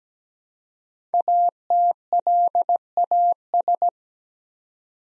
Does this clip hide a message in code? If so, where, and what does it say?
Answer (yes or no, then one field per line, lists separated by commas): yes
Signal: Morse code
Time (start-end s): 1.1-3.9 s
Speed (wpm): 17 wpm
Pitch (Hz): 700 Hz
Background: none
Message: ATLAS